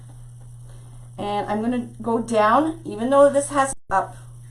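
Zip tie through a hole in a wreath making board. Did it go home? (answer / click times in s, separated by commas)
no / none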